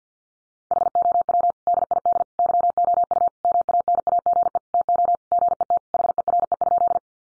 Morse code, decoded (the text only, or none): HOW DID YOU MANAGE TO GET HERE?